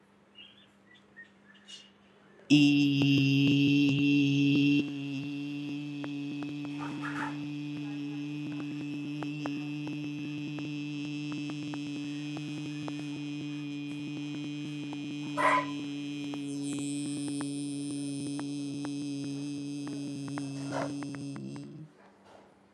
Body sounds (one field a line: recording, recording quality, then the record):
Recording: sustained vowel as in beet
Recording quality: poor, much background noise or distortion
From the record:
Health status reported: respiratory illness, not identified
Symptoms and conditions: cough, asthma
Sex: male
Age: 22 years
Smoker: yes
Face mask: not worn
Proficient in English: yes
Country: India